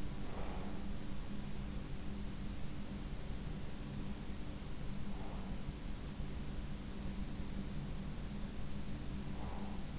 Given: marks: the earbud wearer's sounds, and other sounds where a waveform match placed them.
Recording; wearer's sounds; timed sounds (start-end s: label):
sounds in sleep by an in-ear microphone; breath
0.00-1.03 s: breath
9.12-9.97 s: breath